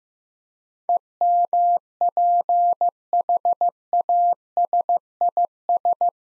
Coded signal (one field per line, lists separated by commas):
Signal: Morse code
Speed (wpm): 15 wpm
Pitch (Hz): 700 Hz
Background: none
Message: EMPHASIS